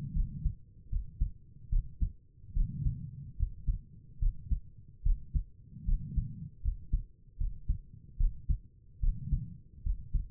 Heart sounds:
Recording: heart sounds by stethoscope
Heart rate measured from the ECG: 74 bpm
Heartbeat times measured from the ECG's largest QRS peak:
0.14 s: heartbeat
0.91 s: heartbeat
1.71 s: heartbeat
2.55 s: heartbeat
3.38 s: heartbeat
4.20 s: heartbeat
5.04 s: heartbeat
5.86 s: heartbeat
6.63 s: heartbeat
7.38 s: heartbeat
8.18 s: heartbeat
9.01 s: heartbeat
9.84 s: heartbeat
From the record:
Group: healthy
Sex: female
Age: 22 years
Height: 163 cm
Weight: 67.1 kg

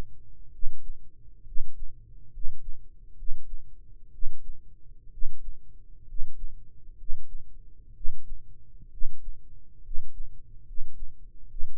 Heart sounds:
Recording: heart sounds by microphone in the right ear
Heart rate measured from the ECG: 66 bpm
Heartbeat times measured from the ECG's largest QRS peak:
0.48 s: heartbeat
1.41 s: heartbeat
2.27 s: heartbeat
3.12 s: heartbeat
4.08 s: heartbeat
5.07 s: heartbeat
6.02 s: heartbeat
6.93 s: heartbeat
7.90 s: heartbeat
8.87 s: heartbeat
9.79 s: heartbeat
10.61 s: heartbeat
11.44 s: heartbeat
From the record:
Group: healthy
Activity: cold pressor test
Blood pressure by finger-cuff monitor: 104/57 mmHg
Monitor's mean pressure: 68 mmHg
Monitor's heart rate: 64 bpm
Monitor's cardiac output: 7 L/min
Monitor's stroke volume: 109 mL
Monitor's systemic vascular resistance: 660 dyn s/cm5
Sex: male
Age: 22 years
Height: 185 cm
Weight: 112.4 kg

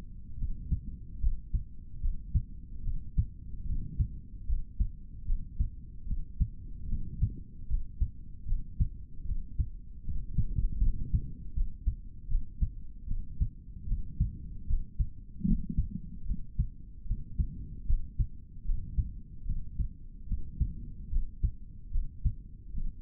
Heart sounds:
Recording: heart sounds by stethoscope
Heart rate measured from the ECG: 75 bpm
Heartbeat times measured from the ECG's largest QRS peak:
0.37 s: heartbeat
1.20 s: heartbeat
2.00 s: heartbeat
2.83 s: heartbeat
3.65 s: heartbeat
4.46 s: heartbeat
5.25 s: heartbeat
6.06 s: heartbeat
6.87 s: heartbeat
7.67 s: heartbeat
8.46 s: heartbeat
9.24 s: heartbeat
10.03 s: heartbeat
10.80 s: heartbeat
11.54 s: heartbeat
12.28 s: heartbeat
13.06 s: heartbeat
13.86 s: heartbeat
14.66 s: heartbeat
15.45 s: heartbeat
16.25 s: heartbeat
17.05 s: heartbeat
17.86 s: heartbeat
18.64 s: heartbeat
19.45 s: heartbeat
20.26 s: heartbeat
21.09 s: heartbeat
21.91 s: heartbeat
22.73 s: heartbeat
From the record:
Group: healthy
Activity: cold pressor test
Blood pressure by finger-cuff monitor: 97/55 mmHg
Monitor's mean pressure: 67 mmHg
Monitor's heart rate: 75 bpm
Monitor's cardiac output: 4.2 L/min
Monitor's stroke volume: 56 mL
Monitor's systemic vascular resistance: 1140 dyn s/cm5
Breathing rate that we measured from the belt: 18 breaths a minute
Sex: male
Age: 55 years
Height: 167 cm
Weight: 57.2 kg

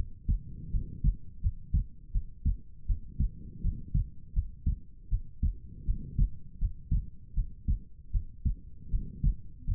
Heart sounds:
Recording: heart sounds by stethoscope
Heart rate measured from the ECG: 81 bpm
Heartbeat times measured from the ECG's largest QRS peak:
0.70 s: heartbeat
1.40 s: heartbeat
2.11 s: heartbeat
2.86 s: heartbeat
3.61 s: heartbeat
4.33 s: heartbeat
5.09 s: heartbeat
5.84 s: heartbeat
6.58 s: heartbeat
7.34 s: heartbeat
8.11 s: heartbeat
8.89 s: heartbeat
9.64 s: heartbeat
From the record:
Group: healthy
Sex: female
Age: 19 years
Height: 163 cm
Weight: 48.9 kg

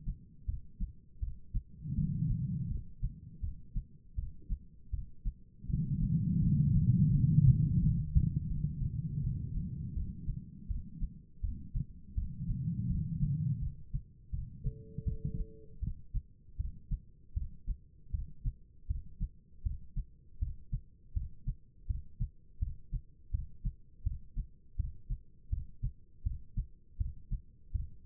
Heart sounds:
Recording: heart sounds by stethoscope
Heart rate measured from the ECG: 81 bpm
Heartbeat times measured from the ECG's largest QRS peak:
0.46 s: heartbeat
1.20 s: heartbeat
1.95 s: heartbeat
2.68 s: heartbeat
3.41 s: heartbeat
4.16 s: heartbeat
4.91 s: heartbeat
5.67 s: heartbeat
6.40 s: heartbeat
7.11 s: heartbeat
7.80 s: heartbeat
8.48 s: heartbeat
9.21 s: heartbeat
9.94 s: heartbeat
10.68 s: heartbeat
11.41 s: heartbeat
12.15 s: heartbeat
12.88 s: heartbeat
13.60 s: heartbeat
14.31 s: heartbeat
15.04 s: heartbeat
15.80 s: heartbeat
16.57 s: heartbeat
17.34 s: heartbeat
18.11 s: heartbeat
18.87 s: heartbeat
19.63 s: heartbeat
20.39 s: heartbeat
21.13 s: heartbeat
21.87 s: heartbeat
22.59 s: heartbeat
23.31 s: heartbeat
24.03 s: heartbeat
24.76 s: heartbeat
25.50 s: heartbeat
26.23 s: heartbeat
26.97 s: heartbeat
27.72 s: heartbeat
From the record:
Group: healthy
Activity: rest 0-16 s, Valsalva maneuver 16-28 s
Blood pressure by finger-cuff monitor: 160/109 mmHg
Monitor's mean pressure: 127 mmHg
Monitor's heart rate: 81 bpm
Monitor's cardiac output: 4.5 L/min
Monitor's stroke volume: 56 mL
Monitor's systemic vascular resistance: 2060 dyn s/cm5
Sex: female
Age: 51 years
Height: 162 cm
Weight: 70.04 kg

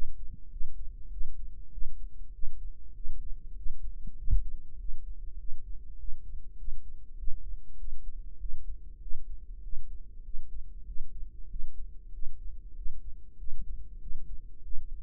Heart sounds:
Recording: heart sounds by microphone in the right ear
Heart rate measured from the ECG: 98 bpm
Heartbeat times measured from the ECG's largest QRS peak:
0.52 s: heartbeat
1.12 s: heartbeat
1.73 s: heartbeat
2.34 s: heartbeat
2.96 s: heartbeat
3.57 s: heartbeat
4.19 s: heartbeat
4.80 s: heartbeat
5.40 s: heartbeat
6.00 s: heartbeat
6.59 s: heartbeat
7.19 s: heartbeat
7.79 s: heartbeat
8.41 s: heartbeat
9.02 s: heartbeat
9.64 s: heartbeat
10.25 s: heartbeat
10.87 s: heartbeat
11.51 s: heartbeat
12.14 s: heartbeat
12.77 s: heartbeat
13.39 s: heartbeat
14.02 s: heartbeat
14.65 s: heartbeat
From the record:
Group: healthy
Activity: cold pressor test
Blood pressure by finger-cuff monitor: 165/95 mmHg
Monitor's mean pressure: 115 mmHg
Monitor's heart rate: 98 bpm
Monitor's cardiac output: 7.7 L/min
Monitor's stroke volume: 77 mL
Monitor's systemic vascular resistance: 1110 dyn s/cm5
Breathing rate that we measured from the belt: 19 breaths a minute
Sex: male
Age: 21 years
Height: 175 cm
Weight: 72.6 kg

